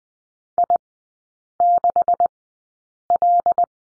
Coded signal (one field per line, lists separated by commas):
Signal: Morse code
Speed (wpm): 20 wpm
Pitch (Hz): 700 Hz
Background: none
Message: I6L